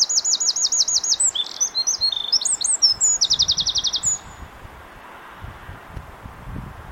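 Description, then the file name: Eurasian wren belting out a high, rapid song of trills and sharp notes for about four seconds, followed by quiet. "Troglodytes troglodytes"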